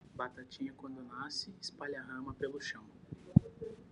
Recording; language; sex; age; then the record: short text; Brazilian Portuguese; male; 30 to 39 years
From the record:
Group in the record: control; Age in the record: 31 years